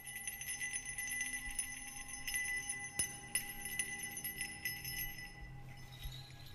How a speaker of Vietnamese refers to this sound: Thầy cầm cái chuông rồi lắc khẽ.